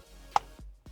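A LED footwell ambient light housing is pushed into the access hole in the plastic lower dash trim of a 5th-generation Toyota RAV4. It snaps in with one loud, sharp click at 0.4 s, followed by quieter low thumps. The light is seated in place.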